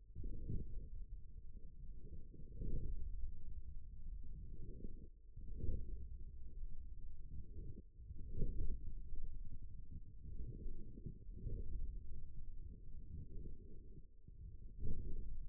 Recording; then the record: forearm muscle sounds (acoustic myography)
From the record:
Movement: forearm supination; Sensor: system 1, eight BSWA MPA416 microphones around the upper forearm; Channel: 2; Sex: male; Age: 41 years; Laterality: right